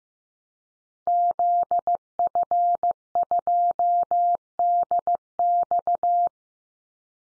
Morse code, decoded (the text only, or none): ZF2DX